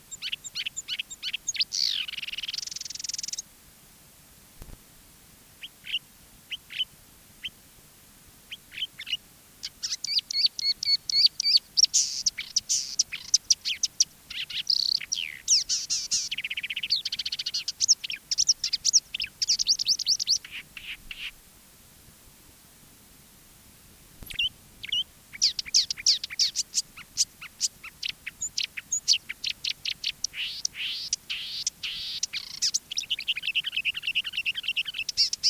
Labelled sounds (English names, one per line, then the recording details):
Marsh Warbler song
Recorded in the wild
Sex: male
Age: adult
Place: Wiesenthau, Bayern, DE
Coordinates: 49.7128, 11.1353
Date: 1963-06-05
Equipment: Nagra, Original, Vollspur
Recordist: Tretzel, Erwin